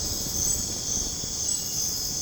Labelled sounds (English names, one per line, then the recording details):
none
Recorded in dense forest near Puerto Asís, Putumayo, Colombia, on 30 June 2025 at 03:00
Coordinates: 0.486, -76.317
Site G065